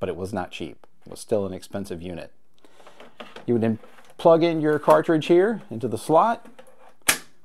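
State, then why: Seated. A large plastic film loop cartridge is pushed into the slot of a Fairchild Seventy 07 briefcase film projector while someone talks. After the talking stops, a single sharp, loud click at 7.1 seconds marks the cartridge seating in the slot.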